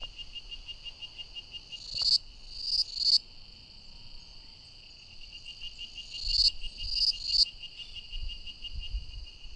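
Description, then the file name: Cicada song, a steady high buzz with two bursts of rising, swelling phrases that end abruptly, separated by a quieter stretch of continuous droning. "Cigarras"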